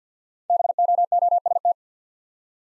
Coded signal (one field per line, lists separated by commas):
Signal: Morse code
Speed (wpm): 53 wpm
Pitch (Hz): 700 Hz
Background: none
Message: BOOST